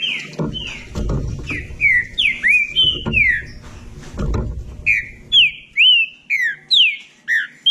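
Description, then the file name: Green-winged saltator delivering repeated slurred whistled notes, with low thudding noises early, then a cleaner stretch of rhythmic whistles. "canto do trinca ferro"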